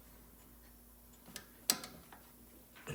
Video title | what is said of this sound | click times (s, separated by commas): Tune Up 302 5.0L Mustang Bronco F-150 spark plugs wires distributor cap and rotor | you go little snap sometimes you can hear the little snap sometimes you can just feel it | 1.7 s